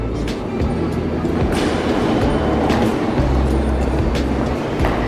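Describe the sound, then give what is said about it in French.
An RER line B commuter train rumbles steadily through the underground Les Halles station in Paris, a dense low roar with faint rail clatter and brief metallic hisses over the top. “Nous débutons notre exploration au cœur de la capitale, dans les couloirs de la station Les Halles, sur la ligne B du RER.”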